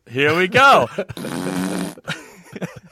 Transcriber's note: laughter; imitating fart